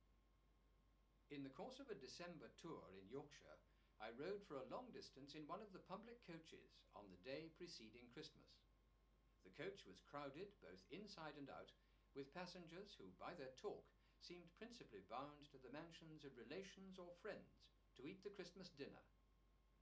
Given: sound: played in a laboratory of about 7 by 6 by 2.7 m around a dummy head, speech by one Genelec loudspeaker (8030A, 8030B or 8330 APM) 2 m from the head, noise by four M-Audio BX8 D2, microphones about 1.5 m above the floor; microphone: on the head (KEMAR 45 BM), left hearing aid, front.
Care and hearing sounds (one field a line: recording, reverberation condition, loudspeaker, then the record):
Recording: male speech in English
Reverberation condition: low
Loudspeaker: 120 degrees to the left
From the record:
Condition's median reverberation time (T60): about 310 ms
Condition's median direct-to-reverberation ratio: about 3.5 dB